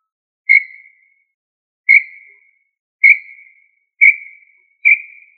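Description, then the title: Tinamou call of five sharp, high whistles, each with a fading tail, given about once a second. "Familia Tinamidae"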